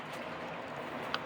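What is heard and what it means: A plastic leg piece of a Transformers Yolo Park AMK snap-fit model kit of Soundwave is pressed onto its peg on the figure's body over a steady broadband background hiss. A short, sharp click at 1.1 s marks the leg popping on and seating.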